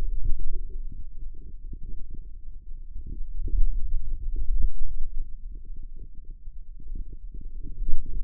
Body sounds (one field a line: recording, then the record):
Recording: forearm muscle sounds (acoustic myography)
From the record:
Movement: pen grasping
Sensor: system 2, bracelet of six BSWA MPA416 microphones around the upper forearm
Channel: 6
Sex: male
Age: 22 years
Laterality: right